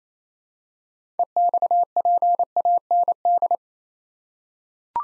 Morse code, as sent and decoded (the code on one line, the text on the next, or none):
. -..- .--. .- -. -..
EXPAND